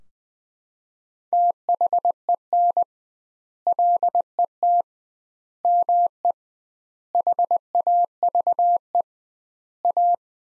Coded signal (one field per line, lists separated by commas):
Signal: Morse code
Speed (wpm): 21 wpm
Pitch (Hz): 700 Hz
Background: none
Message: THEN LET ME HAVE A